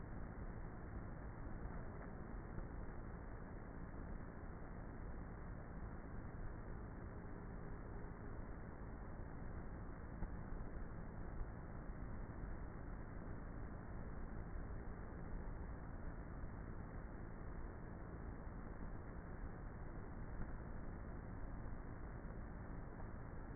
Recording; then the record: honeybee colony, microphone inside the hive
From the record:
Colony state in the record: queenless with a low population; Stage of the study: before two queens were removed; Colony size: about 30,000 bees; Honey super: no